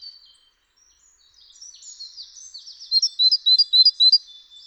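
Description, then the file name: Great tit calls: thin high scratchy notes building into a fast, regular run of bright chirps, about four per second. "Parus major"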